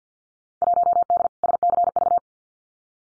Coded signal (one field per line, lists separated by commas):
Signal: Morse code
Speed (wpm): 50 wpm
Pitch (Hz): 700 Hz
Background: none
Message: 1D SCV